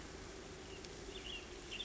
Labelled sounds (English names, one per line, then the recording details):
Western Tanager
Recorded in Sonoma County, California